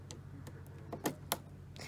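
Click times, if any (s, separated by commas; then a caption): 1.3 s. A plastic bobbin is pushed onto the bobbin winding spindle (seat) of a Brother Luminaire/Babylock Solaris sewing machine and clicks into place. A low hum runs underneath a few faint ticks and a thud at about 1.1 s, and the sharp snap at 1.3 s marks the bobbin seating.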